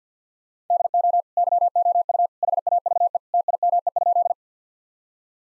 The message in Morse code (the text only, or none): DO YOU HAVE TIME?